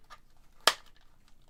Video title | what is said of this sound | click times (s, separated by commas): Working on Random Small Projects | oh yeah now now it seems like it clicked in okay so we're going to go ahead and run over to the uh NES | 0.7 s